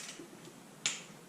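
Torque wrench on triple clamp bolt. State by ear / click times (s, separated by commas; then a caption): torque reached / 0.9 s. A torque wrench on a triple clamp bolt of a Husqvarna TE 300i clicks at its setting at 0.9 s during the final clamp bolt torque check, a single sharp, bright snap that stands well above the quiet background. The click confirms the bolt has reached torque.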